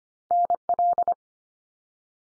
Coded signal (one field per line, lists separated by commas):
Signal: Morse code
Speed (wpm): 25 wpm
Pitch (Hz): 700 Hz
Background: none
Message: NL